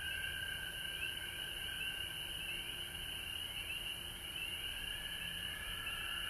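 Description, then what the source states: Frog chorus of continuous pulsing trills, a higher band rippling in repeated sweeps above a steadier lower tone, with faint low rumble beneath. Recorded at home in Georgia on March 19, 2020.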